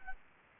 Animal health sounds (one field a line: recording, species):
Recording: mosquito wingbeat signal from an infrared sensor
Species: Anopheles arabiensis